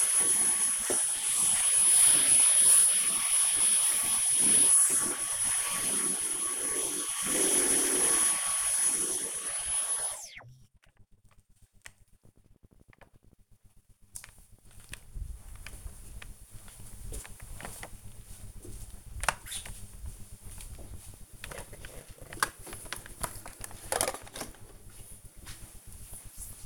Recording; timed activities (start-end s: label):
household activities, microphone on the right wrist
0.00-9.55 s: vacuum cleaning